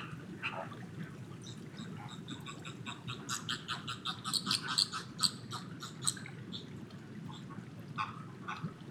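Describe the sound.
Flamingo flock calls, a busy gabble of nasal, harmonic honks overlapping throughout, building in the middle, over a steady low rumble.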